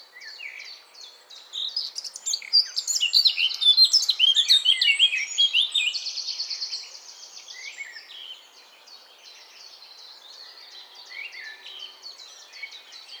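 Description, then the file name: Eurasian blackcap song: rapid chattering notes rising to a loud, rich run of warbled whistles, then fading into a soft, continuous scratchy twitter. "Sylvia atricapilla"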